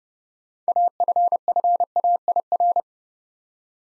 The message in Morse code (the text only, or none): AFFAIR